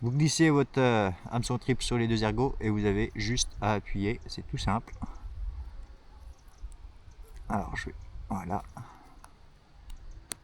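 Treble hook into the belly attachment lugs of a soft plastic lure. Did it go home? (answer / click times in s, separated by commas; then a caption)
yes / 10.3 s. Someone talks while a treble hook is slid over the two small lugs on the belly of a Z-Man soft plastic fishing lure and pressed in. After a few faint handling ticks, a sharp small click at 10.3 s shows the treble hook has clipped onto the lure's belly and is secured.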